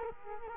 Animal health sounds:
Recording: mosquito wingbeat signal from an infrared sensor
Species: Culex quinquefasciatus

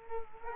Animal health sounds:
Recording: mosquito wingbeat signal from an infrared sensor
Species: Culex quinquefasciatus

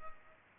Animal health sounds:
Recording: mosquito wingbeat signal from an infrared sensor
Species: Culex pipiens

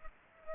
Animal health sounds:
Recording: mosquito wingbeat signal from an infrared sensor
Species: Culex pipiens

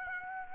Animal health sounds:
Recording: mosquito wingbeat signal from an infrared sensor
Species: Aedes aegypti

